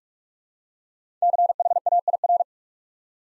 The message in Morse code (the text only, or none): CHAIR